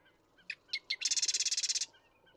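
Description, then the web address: Marsh Wren song: three crisp introductory ticks followed by a rapid, evenly spaced rattle of buzzy notes, then quiet. "birdsongforthecurious Marsh Wren"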